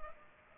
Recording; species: mosquito wingbeat signal from an infrared sensor; Culex pipiens